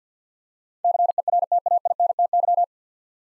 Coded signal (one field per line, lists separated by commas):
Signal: Morse code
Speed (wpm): 52 wpm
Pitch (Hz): 700 Hz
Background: none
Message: CERTAINTY